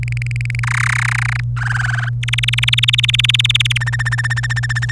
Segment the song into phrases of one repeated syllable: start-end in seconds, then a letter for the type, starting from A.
0.00-0.60 A, 0.63-1.40 B, 1.56-2.09 C, 2.23-3.78 D, 3.80-4.92 E